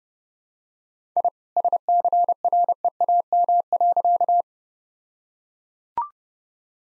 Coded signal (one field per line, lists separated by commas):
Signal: Morse code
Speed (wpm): 30 wpm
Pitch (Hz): 700 Hz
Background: none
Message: I SCREAM.